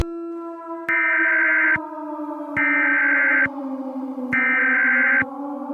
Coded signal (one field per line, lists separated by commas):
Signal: Emergency Alert System (SAME) tones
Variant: header bursts